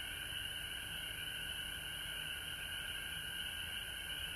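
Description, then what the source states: Frogs calling in an unbroken high trilling chorus, steady and even, with a lower band of calls alongside. Frogs calling at home in Georgia, recorded March 19, 2020.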